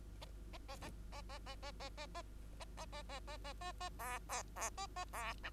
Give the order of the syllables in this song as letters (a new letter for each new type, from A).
A A A A A A A A A A A A A A A A A A B B B A A B C